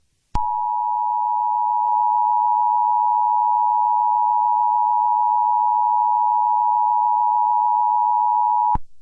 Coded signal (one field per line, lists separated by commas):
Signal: Emergency Alert System (SAME) tones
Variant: 853 and 960 Hz attention tone